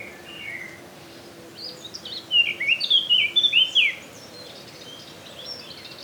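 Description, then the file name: Eurasian blackcap song: soft chattering warble, then a burst of loud fluting whistled notes. "Sylvia atricapilla"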